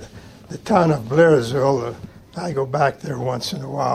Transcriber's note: none